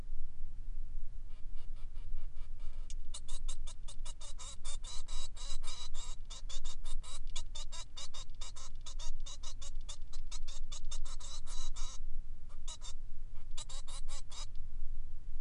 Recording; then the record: song of a male Bengalese finch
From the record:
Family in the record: son of father 3